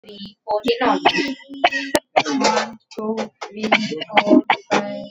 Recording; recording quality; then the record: shallow voluntary cough; poor, much background noise or distortion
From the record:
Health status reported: healthy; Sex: female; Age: 28 years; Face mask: not worn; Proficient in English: yes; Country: India